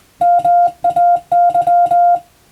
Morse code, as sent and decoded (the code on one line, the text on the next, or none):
-- .- -.--
MAY